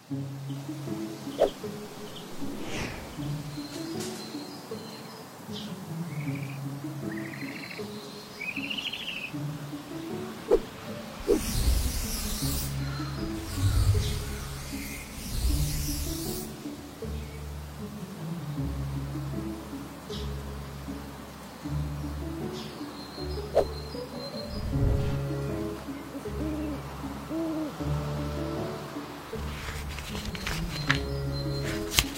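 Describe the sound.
A flying broom sweeps past in a run of bright, airy whooshes between about 11 and 16 seconds. Underneath, low wavering hoot-like tones pulse steadily the whole way through, with scattered chirps and a few sharp ticks near the end.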